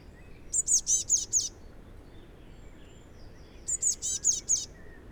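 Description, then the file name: Eurasian blue tit call: two short series of high, rapid notes about three seconds apart over a quiet, hissy background. "Cyanistes caeruleus"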